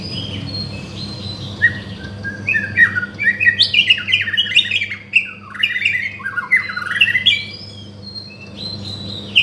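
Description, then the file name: White-rumped shama song: a varied run of clear whistled phrases, rising and falling notes with quick chattering bursts, over a low steady hum. From Borneo. "murai batu borneo"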